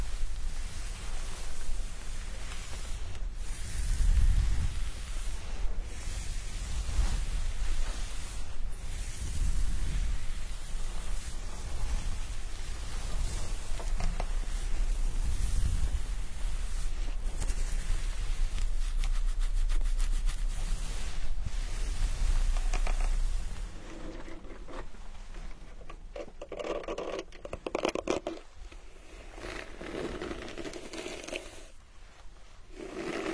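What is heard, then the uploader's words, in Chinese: Hair washing with scalp massage: a dense, steady rubbing and scrubbing fills the first twenty-four seconds, with heavier strokes every few seconds. After that the sound turns quieter and thinner, with softer wet, crackling touches and brief pauses. 沉浸式洗头体验 & 头皮按摩。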